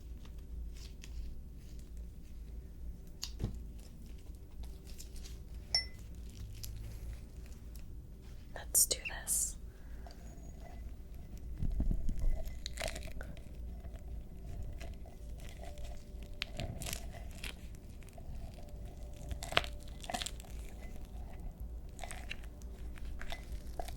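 Wet sounds: scattered clicks, crinkles and soft taps over a low, steady hum. Brighter hissing bursts, like a mist spray, arrive around nine seconds, followed by a duller thumping stretch near twelve seconds.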